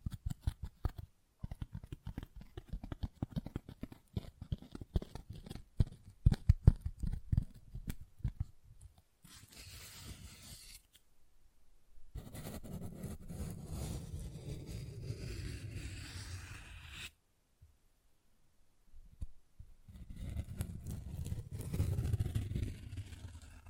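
Tapping and scratching on textured surfaces. For the first nine seconds, quick irregular taps and clicks come in dense bursts. After that come longer stretches of steady rough scratching with low rubbing. These are split by two short silences, near eleven and seventeen seconds.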